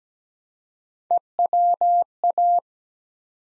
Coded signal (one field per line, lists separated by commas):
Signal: Morse code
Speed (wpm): 17 wpm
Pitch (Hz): 700 Hz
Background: none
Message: EWA